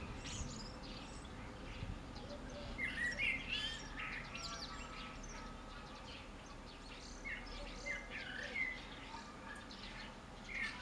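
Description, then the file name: Common blackbird song, a few short warbled notes spread throughout, among thin high chirps of other birds over steady background hiss. "Turdus merula"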